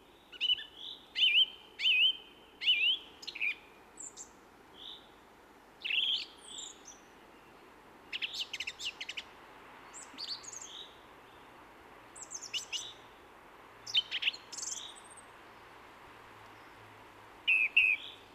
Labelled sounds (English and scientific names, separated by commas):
Song Thrush (Turdus philomelos) song